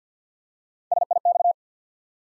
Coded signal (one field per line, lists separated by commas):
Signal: Morse code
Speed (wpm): 50 wpm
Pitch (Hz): 700 Hz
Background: none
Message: S I X